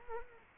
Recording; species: mosquito wingbeat signal from an infrared sensor; Culex quinquefasciatus